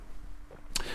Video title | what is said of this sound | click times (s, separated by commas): Motorbike Camping Equipment / Everything I Pack for an Adventure (S1-E5) | um and then this just locks into place really really practical | 0.8 s